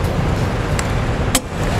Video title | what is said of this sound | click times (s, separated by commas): 2016 Ford Explorer Trailer Hitch Installation | make sure that you keep going until you hear the little click there | 0.8 s, 1.3 s